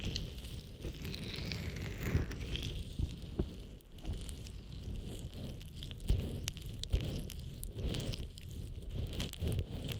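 Ear massage and moisturizing care: soft, continuous rubbing and stroking with a dense, low, muffled rustle that swells and eases in waves. Brief crackly taps and clicks pop up irregularly throughout, with a faint steady high tone running underneath.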